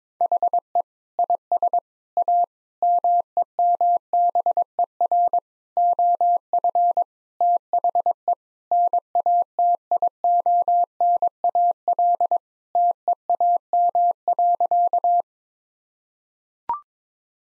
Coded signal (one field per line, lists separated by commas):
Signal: Morse code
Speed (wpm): 22 wpm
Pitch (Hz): 700 Hz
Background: none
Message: HE IS A MEMBER OF THE NATIONAL TEAM.